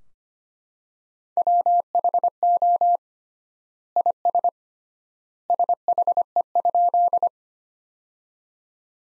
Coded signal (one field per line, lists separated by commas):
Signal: Morse code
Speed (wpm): 25 wpm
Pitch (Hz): 700 Hz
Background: none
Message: WHO IS SHE?